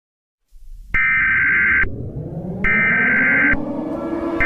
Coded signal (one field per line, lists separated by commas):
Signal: Emergency Alert System (SAME) tones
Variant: header bursts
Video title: EAS Scenario #2: Chinese attack New Orleans